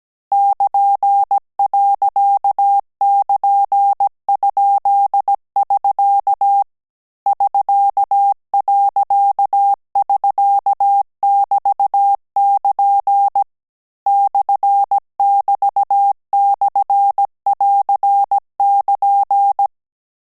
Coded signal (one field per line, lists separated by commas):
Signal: Morse code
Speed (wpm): 17 wpm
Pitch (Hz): 800 Hz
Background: none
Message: <KN>.<KN>?<SK> <SK>.<SK><BT><KN> /<BT>/<AR><KN>